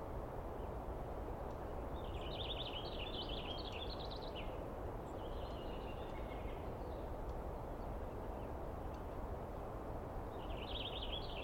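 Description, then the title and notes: Douglas squirrel calling in three separate bursts of quick, rattling, wavering chatter with quiet pauses between, steady low background rumble throughout. Douglas squirrel screaming and calling persistently for a long time at dawn, morning of 21 April 2017, East Cascades; identified by its sound. "screaming Douglas Pine Squirrel"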